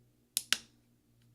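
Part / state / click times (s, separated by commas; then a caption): plastic keycap onto scissor bracket of laptop keyboard / seated / 0.4 s, 0.5 s. A replacement plastic right arrow keycap (Type J, key 1278) is pushed down onto the scissor bracket of an Early 2011 13-inch MacBook Pro 2.3 GHz Core i5 MC700 laptop keyboard. Two sharp snaps are heard at 0.4 s and 0.5 s. The keycap snaps on and is seated and installed.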